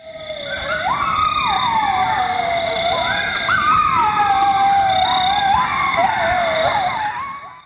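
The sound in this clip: Coyotes howling in a chorus: several overlapping wavering howls sliding up and down in pitch, continuous throughout.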